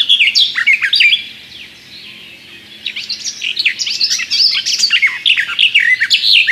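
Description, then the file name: Garden warbler song: a burst of hurried warbling, a short pause, then a longer stream of quick mellow and scratchy notes. "Gajówka"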